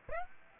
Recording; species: mosquito wingbeat signal from an infrared sensor; Aedes aegypti